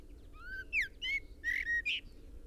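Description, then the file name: Common blackbird song: a rising fluted note followed by a hurried series of squeaky, warbling twitters. "Turdus merula"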